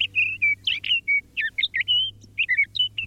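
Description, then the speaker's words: Sage Thrasher song: a long stream of short warbled and whistled notes, quick and varied in pitch, separated by tiny gaps. Males have been known to sing their long-winded songs all night on nights with a full moon. "On nights with a full moon, male sage thrashers have been known to proclaim their long-winded songs all night."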